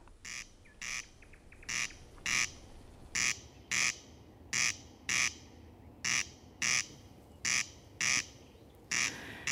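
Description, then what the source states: Corncrake calling, a dry rasping double crex repeated steadily throughout, with faint background hiss. Calls heard on summer nights.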